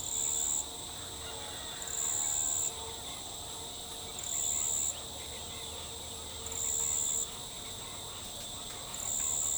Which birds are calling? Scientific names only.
none